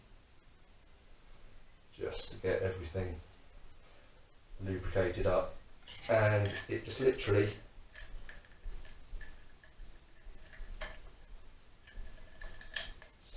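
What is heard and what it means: Someone talks while handling an internal fork part for a Honda CBR400 being fitted into a fork tube, after putting a little fork oil on the internals to lubricate them. Brief knocks and clinks of handling are heard, louder toward the end. Nothing has seated or clicked yet.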